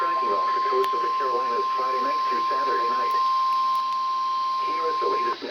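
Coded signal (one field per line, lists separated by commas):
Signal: Emergency Alert System (SAME) tones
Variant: 1050 Hz attention tone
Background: speech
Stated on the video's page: Required weekly test received on weather radio stations WXL58 and WXL50.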